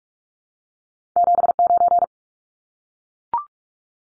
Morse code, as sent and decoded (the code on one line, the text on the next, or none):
--... ----.
79